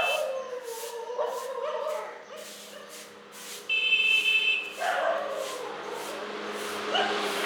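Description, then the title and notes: Dog calling in faint, wavering, drawn-out tones, with a buzzy tone partway through. Several dogs, a morning dog chorus on Mission Street, MG Road Area, Puducherry, India. "Mission St, MG Road Area, Puducherry, 605001, Inde - Concert de chiens. Ambiance matinale sur Mission Street - Concert de chiens. Prise de sons : JF CAVRO"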